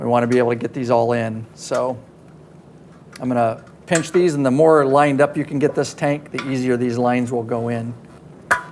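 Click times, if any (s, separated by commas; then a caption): 8.5 s. Someone talks while pinching an oil line quick-connect fitting and pushing it onto the oil tank fitting of a Harley-Davidson motorcycle. At 8.5 s the fitting pops into place with a sharp click, and the line is seated.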